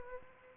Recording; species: mosquito wingbeat signal from an infrared sensor; Aedes albopictus